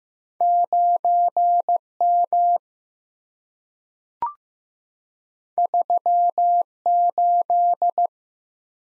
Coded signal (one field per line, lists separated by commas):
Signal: Morse code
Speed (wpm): 15 wpm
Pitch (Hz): 700 Hz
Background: none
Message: 9M 38